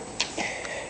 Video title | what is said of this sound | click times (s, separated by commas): UHC Super X-9 Airsoft sniper | push it in, and then it'll lock into place. | 0.2 s